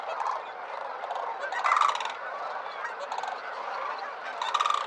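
Sandhill crane bugling, throaty rolling rattles overlapping continuously, with two louder trilled calls standing out above the chorus.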